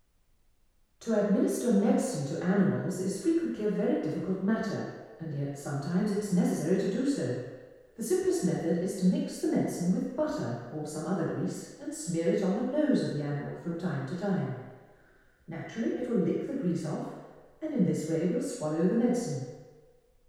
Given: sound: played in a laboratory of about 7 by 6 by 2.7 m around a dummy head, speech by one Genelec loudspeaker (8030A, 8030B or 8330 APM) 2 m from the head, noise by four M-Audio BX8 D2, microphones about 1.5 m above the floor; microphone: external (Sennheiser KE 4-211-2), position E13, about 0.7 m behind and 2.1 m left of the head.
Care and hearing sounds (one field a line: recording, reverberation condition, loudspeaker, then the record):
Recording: female speech in English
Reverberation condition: high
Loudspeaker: 60 degrees to the left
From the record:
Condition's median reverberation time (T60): about 1300 ms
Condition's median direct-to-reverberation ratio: about -4.0 dB